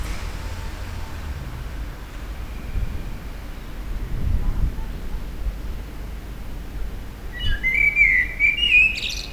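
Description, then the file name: Common blackbird song: after several seconds of low rumble, a rich fluty phrase ends in a brief high scratchy flourish. Recorded at a petrol station in April 2021. "2021 APR-Amsel-Tankstelle"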